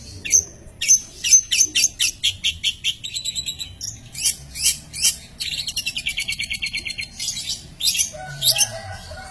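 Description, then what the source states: Long-tailed shrike song opening with a quick series of short clicking notes, then a fast chattering trill and scratchy phrases. Champion songbird.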